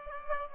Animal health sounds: mosquito wingbeat signal from an infrared sensor; Aedes aegypti

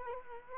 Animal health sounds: mosquito wingbeat signal from an infrared sensor; Culex quinquefasciatus

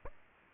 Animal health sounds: mosquito wingbeat signal from an infrared sensor; Aedes aegypti

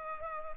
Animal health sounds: mosquito wingbeat signal from an infrared sensor; Culex pipiens

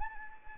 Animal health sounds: mosquito wingbeat signal from an infrared sensor; Anopheles arabiensis

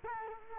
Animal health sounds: mosquito wingbeat signal from an infrared sensor; Culex quinquefasciatus

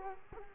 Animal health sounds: mosquito wingbeat signal from an infrared sensor; Culex quinquefasciatus

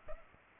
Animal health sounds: mosquito wingbeat signal from an infrared sensor; Culex pipiens

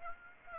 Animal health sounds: mosquito wingbeat signal from an infrared sensor; Aedes aegypti

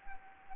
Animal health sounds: mosquito wingbeat signal from an infrared sensor; Anopheles gambiae

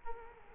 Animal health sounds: mosquito wingbeat signal from an infrared sensor; Culex quinquefasciatus

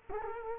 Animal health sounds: mosquito wingbeat signal from an infrared sensor; Culex quinquefasciatus

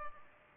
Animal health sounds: mosquito wingbeat signal from an infrared sensor; Culex pipiens

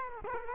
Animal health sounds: mosquito wingbeat signal from an infrared sensor; Culex quinquefasciatus

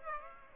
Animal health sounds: mosquito wingbeat signal from an infrared sensor; Aedes aegypti

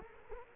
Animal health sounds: mosquito wingbeat signal from an infrared sensor; Culex quinquefasciatus

